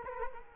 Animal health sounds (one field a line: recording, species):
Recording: mosquito wingbeat signal from an infrared sensor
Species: Culex quinquefasciatus